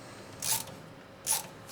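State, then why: Not seated. A frame screw is worked into the last threaded hole of a 3D printer frame during assembly, resisting at first as if slightly cross-threaded before catching its thread. Two short bursts of hissy, scraping noise are heard, around 0.4–0.6 s and 1.2–1.4 s, over a quiet background. Nothing has seated or clicked yet.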